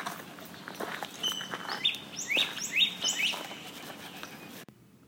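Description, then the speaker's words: Northern Cardinal song: a short series of slurred whistles in quick succession, cut off abruptly near the end. "So let's take a moment to listen for a cardinal."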